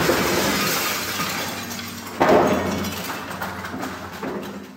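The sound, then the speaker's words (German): A window pane is smashed by a thrown object during protests against the Carloft apartment complex in Berlin: a loud crash of breaking glass that leaves a long, bright, scattering shatter, followed by a few smaller tinkling impacts as shards fall. No one speaks. “Darin ging es um fliegende Farbbeutel und eingeworfene Fensterscheiben.”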